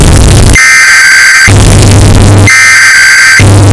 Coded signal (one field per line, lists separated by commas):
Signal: Emergency Alert System (SAME) tones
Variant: header bursts